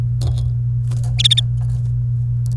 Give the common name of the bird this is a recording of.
Domestic Canary